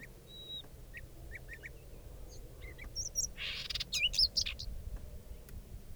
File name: Lark sabota halali